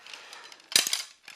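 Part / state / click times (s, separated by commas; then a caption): shock-corded aluminum tube sections of a kayak bow frame / seated / 0.8 s. The shock-corded aluminum tube sections of the bow frame of a Feathercraft Wisper folding kayak are raised and shaken, and they snap together into place. A low rustle gives way to a sharp metallic clack at 0.8 s, followed by two lighter rattling knocks. The sections are seated.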